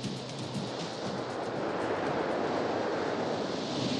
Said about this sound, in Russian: Над волнующимся зимним морем нависли серые тучи. Волны разбиваются о берег.